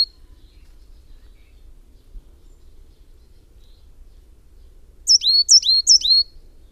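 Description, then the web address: Coal tit giving a brief burst of three bright, high, descending double notes near the end after a long quiet stretch, with faint low rumble beneath. "wroblowe ptaki periparus ater"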